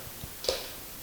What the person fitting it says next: Press down and they'll click into place straight in.